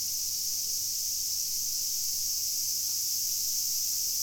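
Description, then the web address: Cicada call, a continuous loud high-pitched buzzing drone that holds steady throughout without pauses. Recorded 2 August 2021. "nagahata fukudai 210802 cicada 20210802"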